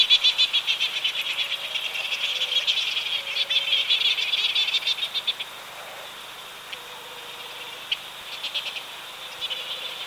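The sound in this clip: Cook's petrel gives rapid rattling chatters, several pulsed bursts in the first half, then sparse clicks over a constant high-pitched background drone.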